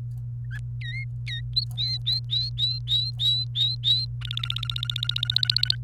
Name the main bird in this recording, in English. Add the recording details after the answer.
Domestic Canary. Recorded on 28 April 2018 at 12:32. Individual llb3